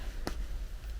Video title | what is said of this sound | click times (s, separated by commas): Unboxing Valentine's Day Miss Dior EDP set | and then you don't even have to push hard you just have to like pull it down and it just locks into place | 0.3 s